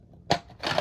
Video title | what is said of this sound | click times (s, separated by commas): Young Martin's Reels Berkley 829 Service and Lubrication | once that's slid in it'll lock into place right there and now your switch is locked | 0.3 s